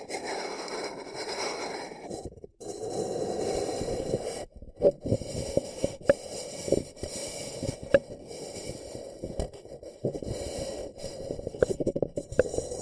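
Paper cup tingles: dense crinkly scratching and rubbing with short pauses near two and four seconds, then sharper taps and clicks throughout.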